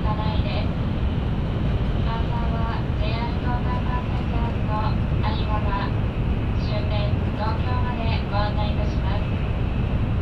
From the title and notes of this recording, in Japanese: 東海道新幹線 名古屋→豊橋 こだま号自由席。14号車に乗車しました。